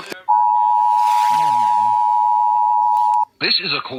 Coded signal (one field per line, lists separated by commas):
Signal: Emergency Alert System (SAME) tones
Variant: 853 and 960 Hz attention tone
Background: speech